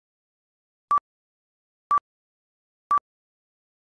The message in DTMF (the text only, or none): none